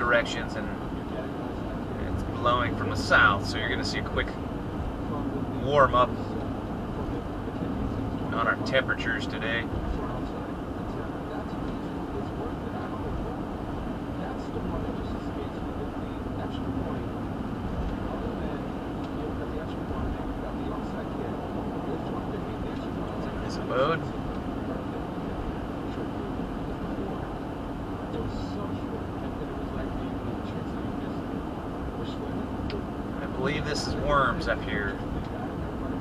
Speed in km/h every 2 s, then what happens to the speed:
90, 90, 92, 93, 93, 93, 93, 90, 90, 89, 90, 89, 89, 87, 87, 89, 89, 90.
0-36 steady at about 90.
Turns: none.